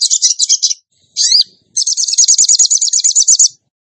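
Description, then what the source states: Bird trilling: a quick stuttering buzzy phrase, one swooping note, then a long even rattle of rapid high pulses. Masteran training song for songbirds in the tembakan gacor song style.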